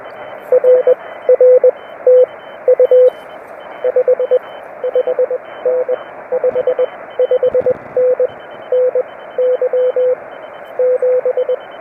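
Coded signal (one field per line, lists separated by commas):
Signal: Morse code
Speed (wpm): 20 wpm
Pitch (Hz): 500 Hz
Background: radio noise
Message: RR TU 55N 55N NY 7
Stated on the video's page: SOTA summit activation with an Elecraft KX1 on internal battery and a 20-meter delta loop antenna.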